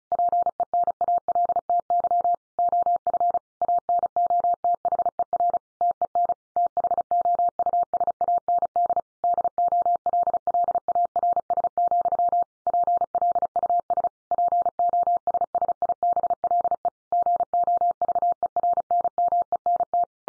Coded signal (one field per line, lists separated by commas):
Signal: Morse code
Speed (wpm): 34 wpm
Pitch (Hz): 700 Hz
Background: none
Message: PENALTY OF ANOTHER TEN THOUSAND DOLLARS, PLUS POSSIBLE GOVERNMENT